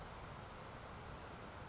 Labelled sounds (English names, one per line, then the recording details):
Grasshopper Sparrow
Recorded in Sonoma County, California